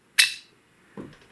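Light counterclockwise pressure on the thumb turn of an antique rim night latch releases its held position, and the spring drives the latch bolt back out with a sharp, bright click at 0.2 s. A softer, lower thud follows at about 1.0 s. The thumb turn is released and the bolt springs back.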